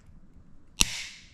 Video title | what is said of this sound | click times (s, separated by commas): Cross Glide magnetic mount for Comma.ai devices | you can hear that snap | 0.8 s